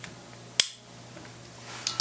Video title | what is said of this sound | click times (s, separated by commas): Brownies Kayak Diver Kit | Alright, wait for the click. | 0.6 s